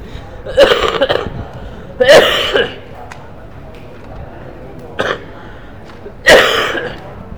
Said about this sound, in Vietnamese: Ho nhiều quá, một thuốc ho.